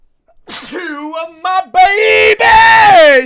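An adult's sneeze: a voiced, rising "ah-ah" wind-up over about a second, then a sharp loud burst and a long, strained, falling vocal release. An ordinary, dramatic sneeze with an audible build-up.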